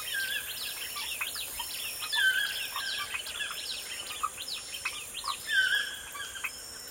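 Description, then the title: Birds: several sing at once, with busy chirping, downslurred notes and a clear whistle rising above the chatter, over a faint continuous hiss. Morning birdsong in a forest. "Звуки птиц в лесу. Morning birdsong in the forest"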